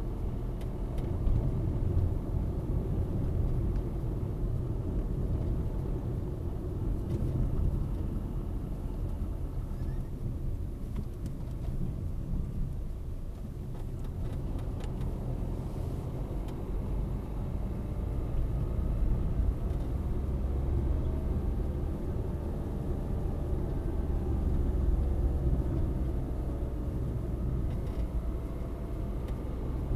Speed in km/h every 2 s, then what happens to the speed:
33, 34, 33, 32, 27, 21, 14, 18, 26, 30, 36, 37, 34, 31, 31.
0-6 steady at about 33. 6-11 brakes to 14. 11-21 speeds up to 37. 21-30 steady at about 31.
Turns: none.